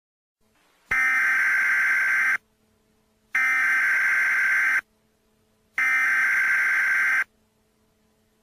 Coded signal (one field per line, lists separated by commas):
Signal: Emergency Alert System (SAME) tones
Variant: header bursts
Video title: EAS Mock Scenario - LA Summer Walk-A-Thon Bombing Attacks